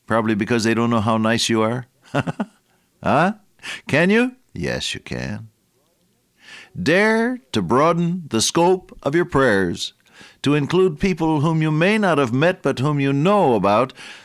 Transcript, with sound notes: Probably because they don’t know how nice you are. [chuckle] Can you? Yes, you can. Dare to broaden the scope of your prayers to include people whom you may not have met but whom you know about